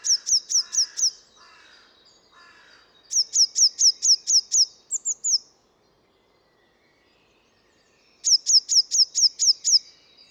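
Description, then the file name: Eurasian blue tit giving rapid runs of high, sharp, down-slurred notes in three bursts, with a brief rougher call and a soft lower chatter between them. "Cyanistes caeruleus"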